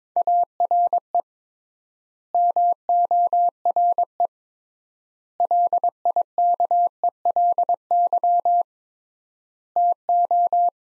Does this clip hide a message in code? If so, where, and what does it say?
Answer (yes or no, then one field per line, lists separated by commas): yes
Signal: Morse code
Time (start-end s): 0.2-10.7 s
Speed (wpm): 22 wpm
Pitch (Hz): 700 Hz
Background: none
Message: ARE MORE LIKELY TO